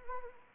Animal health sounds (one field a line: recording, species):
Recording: mosquito wingbeat signal from an infrared sensor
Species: Anopheles arabiensis